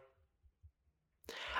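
Adult male imitating the sound he makes when he holds in a sneeze: a suppressed, stifled sneeze.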